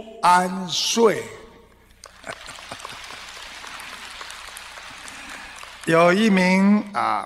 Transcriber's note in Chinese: 掌声